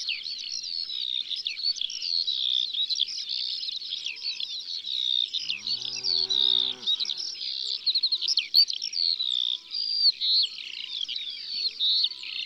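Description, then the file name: Eurasian skylark song, a long continuous high warbling outpouring of trills and chirps, with a drawn-out low call partway through. Sung in the countryside. "Alouette des champs Chants doiseaux dans la campagne"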